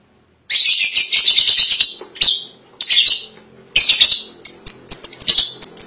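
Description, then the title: Lovebird producing dense, scratchy high-pitched chatter in three or four bursts, ending with quick clipped chirps. "BM Suara Burung Lovebird"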